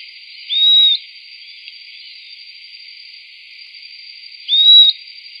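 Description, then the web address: Bird giving two clear upslurred whistles, roughly four seconds apart. "BIRD 2015 SABIOD 50 bird 2015"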